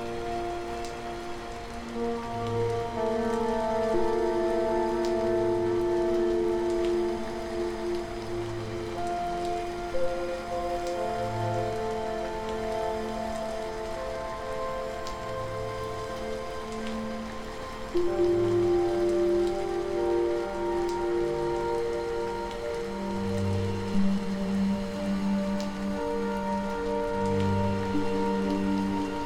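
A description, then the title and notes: Gentle rain hisses steadily and evenly throughout beneath slow, soft music. Long held chords drift in the middle range while deep, muted bass notes sound every two to three seconds, and the harmony shifts to a fuller chord around eighteen seconds. Gentle Night Rain & Relaxing Music. The magical blend of rain and night sounds.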